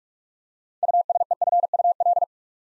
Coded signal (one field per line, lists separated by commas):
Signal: Morse code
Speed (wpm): 44 wpm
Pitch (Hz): 700 Hz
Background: none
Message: USEFUL